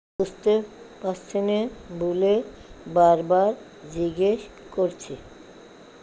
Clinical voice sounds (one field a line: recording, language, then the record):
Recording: elicited speech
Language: Bengali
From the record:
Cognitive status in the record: dementia